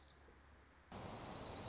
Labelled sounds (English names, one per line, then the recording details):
Dark-eyed Junco
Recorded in Sonoma County, California